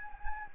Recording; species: mosquito wingbeat signal from an infrared sensor; Anopheles gambiae